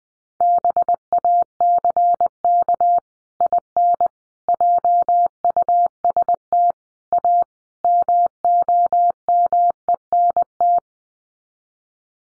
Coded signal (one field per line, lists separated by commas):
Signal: Morse code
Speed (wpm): 20 wpm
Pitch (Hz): 700 Hz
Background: none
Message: BACK IN JUST A MOMENT